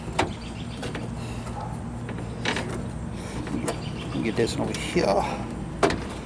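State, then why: Seated. A latch rod is fitted into its plastic retaining clip on the interior door handle mechanism inside a steel Jeep Wrangler YJ door, behind the interior door handle. Someone talks over light rustling and small clicks and taps. A sharp snap at 5.8 s is the clip seating the rod in place.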